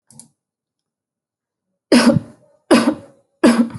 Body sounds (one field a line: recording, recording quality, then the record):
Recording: shallow voluntary cough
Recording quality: excellent, no background noise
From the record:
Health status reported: healthy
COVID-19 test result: not tested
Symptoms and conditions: cough, cold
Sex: female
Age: 25 years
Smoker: not ticked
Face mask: not worn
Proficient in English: yes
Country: India